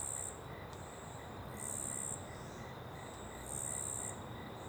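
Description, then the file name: Cricket gives piercing, high trills in bursts about two seconds apart, softer chirps between, over steady flowing water. Small open woodland ambience with a river in the background; cricket very prominent on the left channel. "Ambiente em Pequena Mata Aberta e Rio ao Fundo com Grilo bem Presente na Esquerda"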